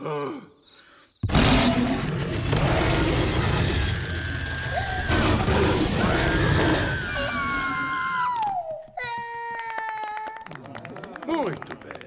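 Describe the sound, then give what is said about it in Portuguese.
A loud, rasping monster roar bursts out suddenly and holds for several seconds with growling, sliding tones, then breaks into higher, wavering, yowl-like cries before fading; the monster James roars on command in a scare simulator, from the Portuguese dub of Monsters, Inc. “Agora nos dê um rugido daqueles.”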